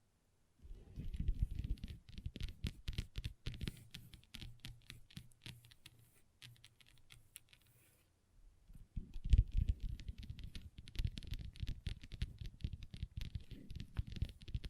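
Long fingernails tap and scratch a table in quick, dense bursts, easing around six seconds, pausing near eight, then resuming busily to the end.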